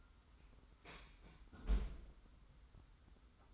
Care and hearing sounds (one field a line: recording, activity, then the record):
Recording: daily activity, microphone in the room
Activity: close fridge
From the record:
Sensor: 3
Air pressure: 990.9 hPa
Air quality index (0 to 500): 117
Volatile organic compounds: 82 ppm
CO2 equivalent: 3619 ppm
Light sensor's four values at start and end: 36/87/35/33 and 36/87/35/33